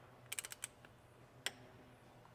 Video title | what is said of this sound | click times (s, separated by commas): 2010+ toyota 4Runner 5th GEN Transfer case, front and rear differential gear oil change | there heard the click | 1.5 s